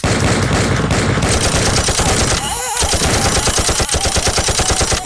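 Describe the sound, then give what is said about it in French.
Loud, relentless automatic gunfire from the video game GTA, rapid bursts rattling continuously for several seconds with a brief lull in the middle, dense and harsh throughout. “Donc vous avez compris, hein, ils sont en train de jouer à GTA”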